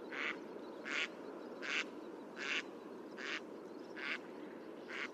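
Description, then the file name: Mallard quacks, seven evenly spaced broad nasal calls under a second apart, with a steady hiss underneath. "mallard duck sound"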